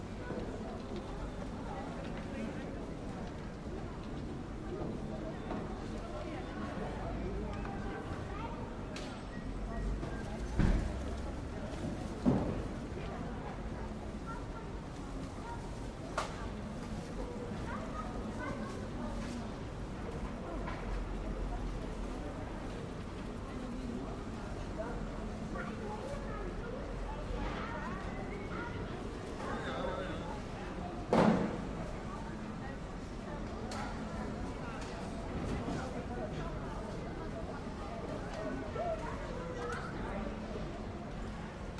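A busy fruit market with a steady murmur of many overlapping voices, low and dense throughout. Sharp knocks or clatters stand out around 11, 12, 16 and 31 seconds, with a faint low rumble like passing traffic underneath.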